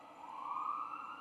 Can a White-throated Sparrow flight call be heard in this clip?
no